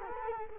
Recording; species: mosquito wingbeat signal from an infrared sensor; Culex quinquefasciatus